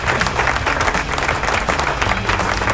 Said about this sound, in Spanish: Aplauso a todas las emisoras.